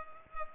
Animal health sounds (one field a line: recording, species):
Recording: mosquito wingbeat signal from an infrared sensor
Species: Culex pipiens